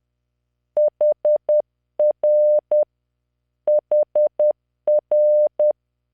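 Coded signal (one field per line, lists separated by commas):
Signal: Morse code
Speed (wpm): 10 wpm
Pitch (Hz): 600 Hz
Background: none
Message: HR HR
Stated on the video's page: Morse practice generated by the Learning Morse V.0.83 training software at 10 WPM, 600 Hz tone, standard 3-dot spacing, random five-character groups.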